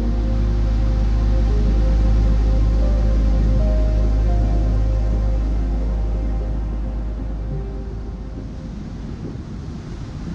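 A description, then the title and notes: Ocean waves make a steady, dense wash with a heavy low rumble and a hiss like wind. Soft sustained piano notes drift over it in the first half, then thin out as the whole sound eases slightly quieter after about six seconds. Peaceful Piano Gentle Ocean, Calm Music with Gentle Ocean Sounds, Calm Piano Music and Ocean Waves.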